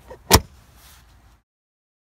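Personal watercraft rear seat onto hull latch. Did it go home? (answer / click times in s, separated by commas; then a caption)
yes / 0.3 s. The rear seat of a personal watercraft is pressed down onto its latch on the hull, the same way as the front seat. After a faint tap at 0.1 s, a loud, sharp click at 0.3 s shows the seat latching home, followed by quiet.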